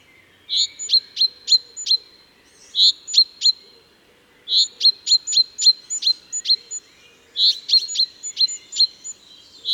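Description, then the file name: Common chaffinch in four bursts, each opening with a rounded note followed by a quick string of sharp, high chips, separated by brief pauses. "Fringilla coelebs"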